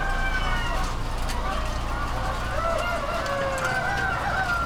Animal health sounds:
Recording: poultry house recording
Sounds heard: healthy chickens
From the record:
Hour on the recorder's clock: 21

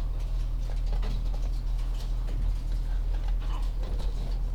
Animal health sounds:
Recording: poultry house recording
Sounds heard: sick chickens (respiratory disease)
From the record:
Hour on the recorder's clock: 14

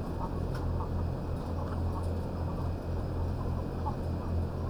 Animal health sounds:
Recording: poultry house recording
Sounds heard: sick chickens (respiratory disease)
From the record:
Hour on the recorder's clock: 1

